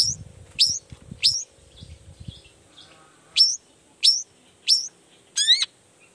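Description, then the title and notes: Long-tailed shrike singing sharp high whistled notes in two spaced groups, then a buzzier layered note, with low rumbling noise early on. Singing actively ('gacor') in the morning with varied 'toet toet' sounds; makes other shrikes respond ('nyaut') and open up their material. "Cendet Gacor Dor Di Kala Pagi Toet Toet Variasi Suara. Cendet Gacor Pagi Hari Biangnya Bikin Cendet Manapun Langsung On Nyaut. Burung cendet"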